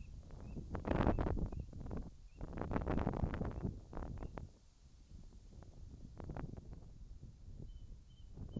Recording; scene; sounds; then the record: everyday scene through a hearing-aid microphone; wind on the microphone; wind, whistling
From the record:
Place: in front of a rural house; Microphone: in the ear canal, left